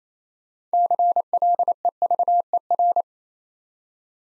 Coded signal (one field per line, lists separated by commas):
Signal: Morse code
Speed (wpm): 27 wpm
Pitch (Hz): 700 Hz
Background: none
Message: CLEVER